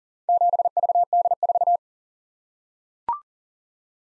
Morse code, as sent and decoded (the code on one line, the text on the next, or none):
--... ...- -.. ....-
7VD4